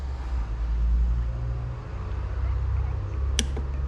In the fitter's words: hey okay so we got a click it 19 trying to